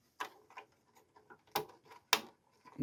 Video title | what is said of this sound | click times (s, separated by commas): VOSTRO 3888 | Okay. So, those are clicked into place. | 1.6 s, 2.1 s